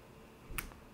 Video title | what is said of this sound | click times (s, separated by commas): Leonardo Clipper Workshop | Put it in there, hear it click. | 0.6 s